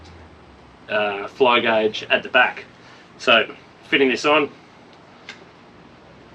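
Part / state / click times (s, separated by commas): gas torch head onto butane gas canister / seated / 5.3 s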